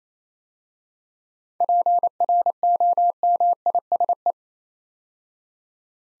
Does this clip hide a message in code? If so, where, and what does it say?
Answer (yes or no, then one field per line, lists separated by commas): yes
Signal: Morse code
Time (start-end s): 1.6-4.3 s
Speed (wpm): 29 wpm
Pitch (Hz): 700 Hz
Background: none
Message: PROMISE